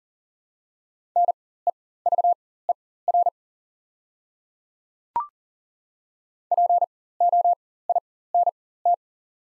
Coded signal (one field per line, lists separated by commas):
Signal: Morse code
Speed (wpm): 40 wpm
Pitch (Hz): 700 Hz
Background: none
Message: NEVER POINT